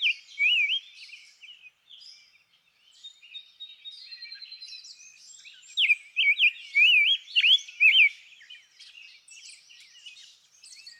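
Rose-breasted grosbeak singing two rich warbled phrases of rolling, up-and-down whistled notes, one brief at the start and a longer one later, over soft background bird chatter.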